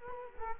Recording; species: mosquito wingbeat signal from an infrared sensor; Culex quinquefasciatus